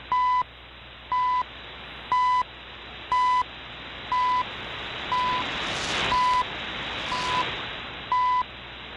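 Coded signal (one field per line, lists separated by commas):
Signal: radio time signal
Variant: CHU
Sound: short 1 kHz beeps once every second, nine in all, through hissy static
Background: radio static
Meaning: Each tick marks one second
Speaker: now I will switch w6 l vp lu w 6 lv beat loop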